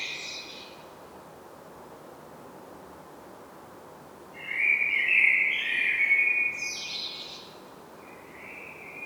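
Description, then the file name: Common blackbird: a soft high note, a pause, then one mellow warbled phrase rising into a squeaky twitter and a short closing note. "Turdus merula"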